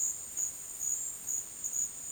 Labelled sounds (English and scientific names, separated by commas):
none